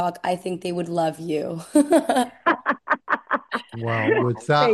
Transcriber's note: laughs